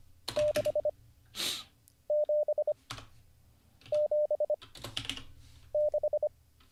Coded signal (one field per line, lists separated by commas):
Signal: Morse code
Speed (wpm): 25 wpm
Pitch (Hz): 600 Hz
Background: none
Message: 6 7 7 6